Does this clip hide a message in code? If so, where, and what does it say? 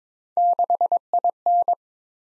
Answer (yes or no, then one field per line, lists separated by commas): yes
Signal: Morse code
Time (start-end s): 0.4-1.7 s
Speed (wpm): 22 wpm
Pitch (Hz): 700 Hz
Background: none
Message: 6IN